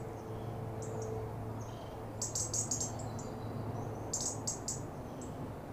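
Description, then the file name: European robin giving thin, high whistles and a few sharp clustered ticks against a steady low hum. "Erithacus rubecula"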